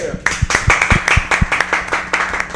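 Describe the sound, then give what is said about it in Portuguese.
A short burst of enthusiastic applause, many hands clapping in quick, uneven bursts, loud and steady throughout with a few low thumps mixed in. “Uma salva de palmas”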